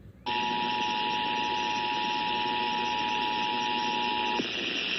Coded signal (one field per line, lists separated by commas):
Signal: Emergency Alert System (SAME) tones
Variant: 853 and 960 Hz attention tone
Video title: Iowa EAS Required Monthly Tests (March 6, 2019)